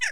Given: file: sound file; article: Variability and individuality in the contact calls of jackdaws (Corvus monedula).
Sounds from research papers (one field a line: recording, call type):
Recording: jackdaw call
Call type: harmonic